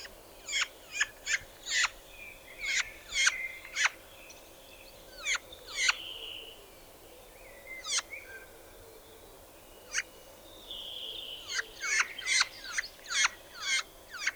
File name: Tannenhäher Gesang